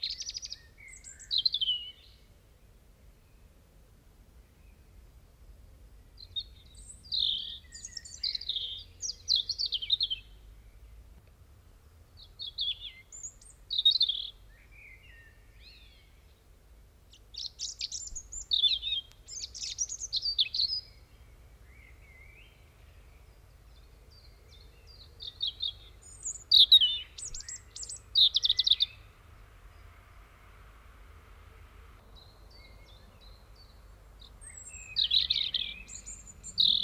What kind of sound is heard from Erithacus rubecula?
song